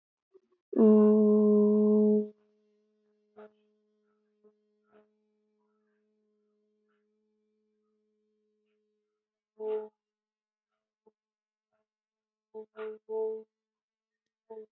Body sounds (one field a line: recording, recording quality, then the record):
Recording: sustained vowel as in boot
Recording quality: moderate, slight background noise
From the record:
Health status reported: healthy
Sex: female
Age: 23 years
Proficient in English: yes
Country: India